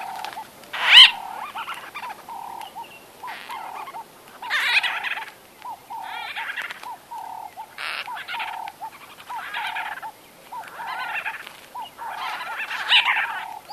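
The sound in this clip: White-fronted bee-eater calls: scattered nasal, buzzy bursts roughly every second or two, set against a steady, evenly spaced series of short, low pips.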